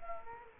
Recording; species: mosquito wingbeat signal from an infrared sensor; Culex quinquefasciatus